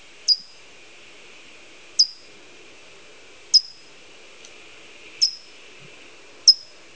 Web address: bird Ca Towee